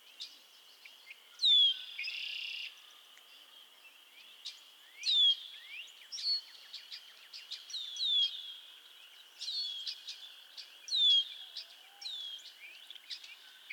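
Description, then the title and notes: Frogs chorusing with loud sliding whistled peeps every few seconds, an early buzzy trill and many clicks over a constant high-pitched drone. Chorus of frogs calling to one another on a summer evening at Miners Marsh, Annapolis Valley, Nova Scotia. "Theraphonia - Frogsong at Miners Marsh. A chorus of frogs croon to one another on an idyllic summer evening in Miners Marsh, Annapolis Valley, Nova Scotia"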